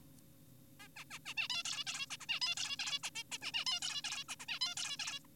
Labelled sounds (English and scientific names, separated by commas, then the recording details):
Zebra Finch (Taeniopygia guttata)
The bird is an adult
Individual g4p5U